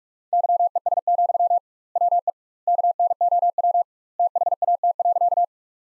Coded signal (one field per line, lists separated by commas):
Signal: Morse code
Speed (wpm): 43 wpm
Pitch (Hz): 700 Hz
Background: none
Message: YES, WE KNOW THAT.